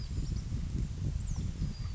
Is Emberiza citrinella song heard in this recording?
no